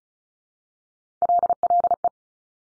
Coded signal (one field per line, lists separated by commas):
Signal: Morse code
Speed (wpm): 36 wpm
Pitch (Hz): 700 Hz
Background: none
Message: LLE